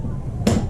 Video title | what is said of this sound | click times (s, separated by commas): Bexly 9 Electric E-Scooter (Unboxing) | then it goes down and clicks | 0.5 s